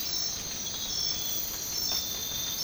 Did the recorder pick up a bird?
no